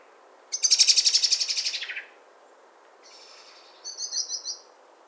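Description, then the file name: Common blackbird giving a rapid, harsh chattering rattle of about a dozen notes that fade out, then a softer, shorter run of quick notes shortly after. "Turdus merula"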